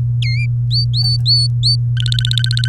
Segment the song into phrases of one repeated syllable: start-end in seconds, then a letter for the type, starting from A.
0.22-0.46 A, 0.71-1.76 B, 1.97-2.68 C